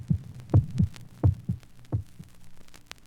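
Paired low lub-dub thumps of an adult heartbeat repeat about 86 times a minute, a heartbeat sound effect.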